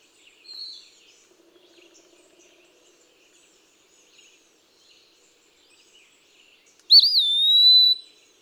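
Eastern wood-pewee: after some faint background sounds, one loud, clear, high whistled phrase that wavers and draws out into a sustained tone.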